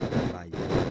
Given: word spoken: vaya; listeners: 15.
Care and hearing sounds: one Spanish word in noise, from a listening test; noise modulated by one talker; -10.2 dB; 2 of 15; 6 of 15; 0.51 s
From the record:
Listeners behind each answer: 6, 3, 2, 1, 1, 1, 1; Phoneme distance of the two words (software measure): 10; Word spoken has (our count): 2 syllables, 4 phonemes, stress on syllable 1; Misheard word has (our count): 2 syllables, 4 phonemes, stress on syllable 1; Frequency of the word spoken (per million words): 63.29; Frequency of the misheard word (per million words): 50.16

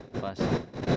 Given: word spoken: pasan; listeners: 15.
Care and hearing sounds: one Spanish word in noise, from a listening test; noise modulated by one talker; -9.7 dB; 0 of 15; 6 of 15; 0.56 s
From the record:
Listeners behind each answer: 6, 4, 3, 1, 1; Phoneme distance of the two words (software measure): 17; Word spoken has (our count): 2 syllables, 5 phonemes, stress on syllable 1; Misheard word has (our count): 2 syllables, 4 phonemes, stress on syllable 1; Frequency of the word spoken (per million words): 37.49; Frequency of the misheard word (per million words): 38.86

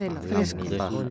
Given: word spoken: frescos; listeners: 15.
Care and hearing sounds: one Spanish word in noise, from a listening test; four-talker babble; -1.6 dB; 2 of 15; 9 of 15; 0.70 s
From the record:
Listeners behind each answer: 9, 3, 2, 1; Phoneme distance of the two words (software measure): 7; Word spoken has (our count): 2 syllables, 7 phonemes, stress on syllable 1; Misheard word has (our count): 2 syllables, 6 phonemes, stress on syllable 1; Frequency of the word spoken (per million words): 9.79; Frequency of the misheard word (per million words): 22.88

